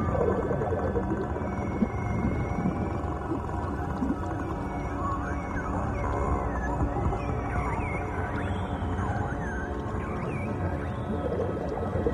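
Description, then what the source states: Dolphin calls as repeated looping whistles and short squeaky chirps throughout, layered over sustained low ambient music tones. Dolphin sounds used in a meditation music track.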